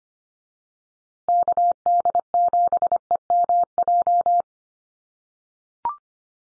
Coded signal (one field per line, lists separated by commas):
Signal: Morse code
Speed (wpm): 25 wpm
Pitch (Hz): 700 Hz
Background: none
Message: KD7EMJ